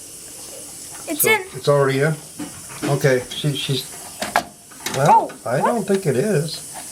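A part is being handled into a slot on a motherboard, lined up from behind. Someone talks over a steady background hiss, and there are brief sharp sounds around 4.2 and 4.4 seconds. The clip ends before the part goes home, and nothing has seated or clicked yet.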